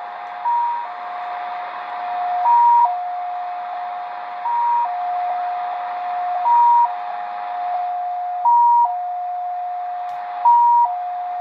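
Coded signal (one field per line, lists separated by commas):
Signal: multi-tone FSK (Olivia or MFSK type)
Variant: XPA2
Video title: Degen DE-1103 - XPA2 Data Mode 13/08/2023 2100 UTC 12159kHz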